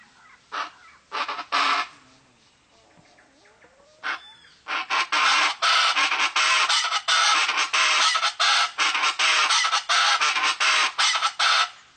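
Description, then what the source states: Chaco chachalaca calls, a few harsh notes then a sustained loud raucous chorus of rapid rasping bursts. Pantanal.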